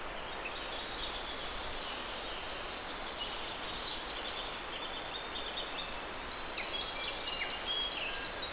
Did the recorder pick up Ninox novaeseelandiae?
no